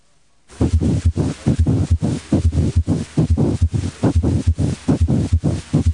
When inflamed pericardial surfaces rub together, they produce characteristic high-pitched friction noises called rubs. Pericardial friction rub is usually heard best and is sometimes palpable over the tricuspid and xiphoid areas. It is usually loud and may become louder during inspiration. The rub has a grating or scratchy, high-pitched sound that is heard best with the diaphragm of the stethoscope.